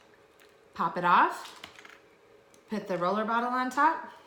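A plastic roller top and a black screw/snap lid are being handled onto a small glass essential-oil bottle while someone talks, with a few faint brief taps around 1.8–1.9 s and 2.5 s between the speech. Nothing has seated or clicked yet; the clip ends just before the part goes home.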